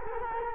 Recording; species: mosquito wingbeat signal from an infrared sensor; Culex quinquefasciatus